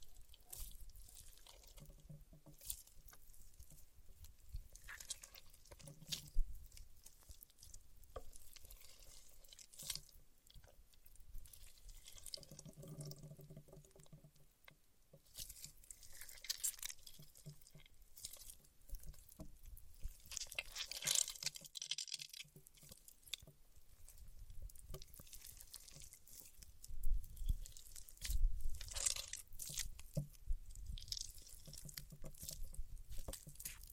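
Paraffin wax being peeled, tapped and scratched, heard as a stream of small, irregular crackles and scrapes. Sharp clicks and taps come in bursts, with brighter rustling patches around 21 and 29 seconds and a few low thumps. Brief quiet gaps fall between the busier stretches.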